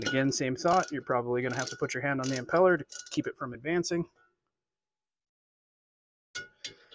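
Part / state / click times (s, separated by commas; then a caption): torque wrench on a vacuum bushing bolt / torque reached / 6.7 s. A torque wrench tightens a bushing bolt on a vacuum, evenly, while the impeller is held by hand to keep it from advancing. Someone talks for the first four seconds, then after a pause the wrench gives a sharp click at 6.7 s as it reaches its setting, with a fainter tick just after, confirming the bolt is torqued.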